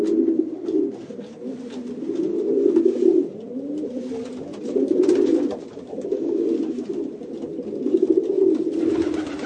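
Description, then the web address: Pigeon cooing in low, rolling, throaty phrases that swell and fade every few seconds, with faint clicking and shuffling noises behind. "sound bird-pigeon"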